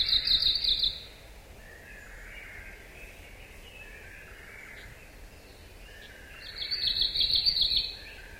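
Arctic warbler singing two fast, buzzy, high-pitched trills about six seconds apart, each a second or more long.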